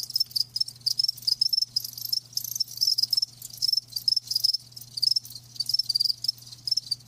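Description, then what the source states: Cricket chirping, shrill pulsing bursts repeated rapidly and evenly, with a faint background hum. Live crickets chirping.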